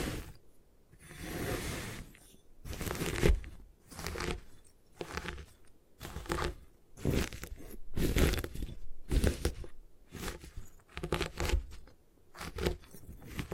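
Gym chalk is being crushed and broken apart in a series of rough, crumbly bursts, each lasting about half a second to a second, roughly once a second across the whole stretch. Between the bursts come short quiet gaps. A softer hiss rises just before two seconds.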